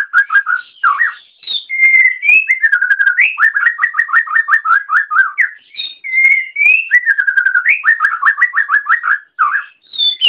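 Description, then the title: Oriental magpie-robin song, a long continuous stream of whistled notes and quick repeated chirp series, with brief high squeaky notes between phrases. "Kicau Kacer"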